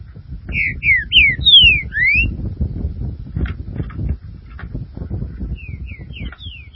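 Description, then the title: Green-winged saltator song: a series of loud slurred whistles early on, then softer clicks and a quieter whistled phrase, over a constant low rumbling background. "Trinca Ferro"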